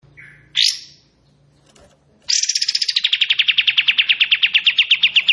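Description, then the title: Bulbul song: a short whistled note and a sharp rising note, then a sustained fast rattling trill of evenly repeated notes lasting about three seconds. Bird in active singing form, delivering long 'tembakan' and 'besetan' song phrases; crisp recording meant for training white-rumped shama. "KAPAS TEMBAK GACOR TEMBAKAN DAN BESETAN PANJANG"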